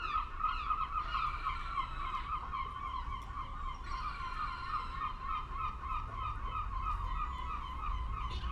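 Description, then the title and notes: Gulls calling together in a dense, continuous chorus of harsh, overlapping cries over a steady low rumble. Gulls with lapping water in the fishing harbour of Reine, Sørvågen, Norway, at noon; all calm, fishermen, tourists and traffic; recorded on a MixPre-6 II with DPA 4041 microphone in Cinela PIA2. "PORT DE PECHE AU REPOS _ Gamle Sørvågen 12, 8392 Sørvågen, Norvège - MOUETTES ET CLAPOTIS PORT DE PECHE. MOUETTES ET CLAPOTIS dans le port de Reine. Il est midi et tout est calme, pêcheurs, touristes et circulation"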